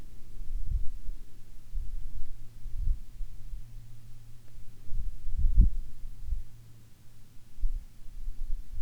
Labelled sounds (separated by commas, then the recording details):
songbird, wind
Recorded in the Arctic National Wildlife Refuge, Alaska, on 9 August 2019 at 11:45
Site 40